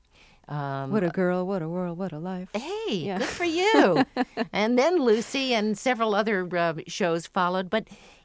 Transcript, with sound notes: What a girl, what a world, what a life. Yes.
Hey, good for you.
(Laughter).
And then "Lucy" and several other shows followed.